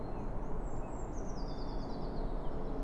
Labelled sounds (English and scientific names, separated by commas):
Eurasian Blue Tit (Cyanistes caeruleus)